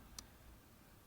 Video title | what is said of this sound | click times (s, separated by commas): HOW TO FIT A NEW WINDOW REGULATOR FORD FIESTA MK6 | you'll hear the click anyway when you do it and just give it a little tug so it doesn't pull out now | 0.2 s